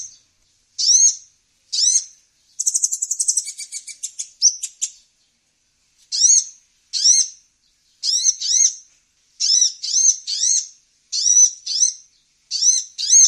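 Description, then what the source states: Brown-throated sunbird song: sharp high chirps, a brief rattling trill, then a series of hooked notes, often in pairs, with a quiet background. Indonesian local name kolibri kelapa; described as gacor, singing actively.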